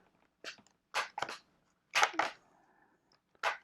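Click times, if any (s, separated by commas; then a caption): none. Someone repeatedly pushes and works a plastic rock structure piece against a Toy Biz Fantastic Four Series Four playset, making short bursts of scraping and crunching plastic around 0.4–0.7 s, 0.9–1.4 s, 1.9–2.5 s and 3.4–3.7 s, with sharper knocks at about 1.2 s and 2.2 s. The piece has not latched or clicked into place; the attempt fails and is abandoned.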